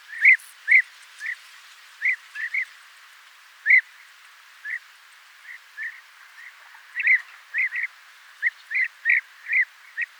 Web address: merops apiaster call